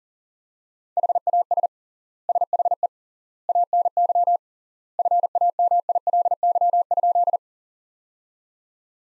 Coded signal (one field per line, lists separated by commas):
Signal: Morse code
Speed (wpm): 40 wpm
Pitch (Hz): 700 Hz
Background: none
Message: HAS SHE ANY FAMILY?